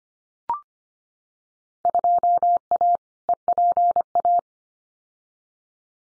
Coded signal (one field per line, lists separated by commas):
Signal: Morse code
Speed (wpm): 25 wpm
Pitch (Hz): 700 Hz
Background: none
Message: 2A EPA